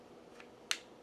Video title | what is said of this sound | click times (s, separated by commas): Best Galaxy Fold 4 Cases with Camera Protection & Stand | but it looks like if you slide it over, it locks into place, and you can actually hear that. So I'll do it again. | 0.7 s